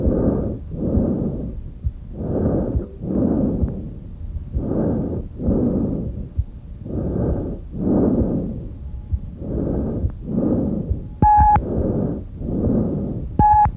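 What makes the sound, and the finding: Trachea by stethoscope. Tracheal breath sounds.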